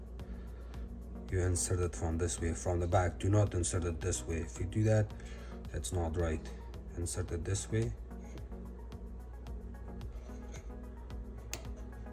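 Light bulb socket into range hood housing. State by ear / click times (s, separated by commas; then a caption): seated / 11.5 s. A new replacement light bulb socket is inserted from the back into the panel of a Zephyr range hood while someone talks over steady background music. The socket clicks into place with a sharp click at 11.5 s, leaving it seated.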